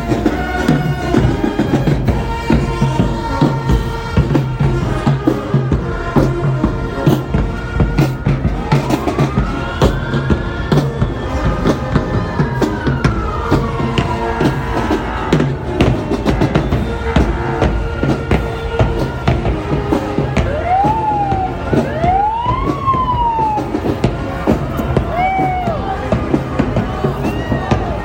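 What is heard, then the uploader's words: A Galveston Island Mardi Gras street scene: a dense, steady wash of crowd noise and overlapping voices with constant sharp clatters and thumps. Rising and falling whistle or siren-like tones sweep through around 9–15 seconds and again near 21–26 seconds. Galveston Island Mardi Gras. Parade.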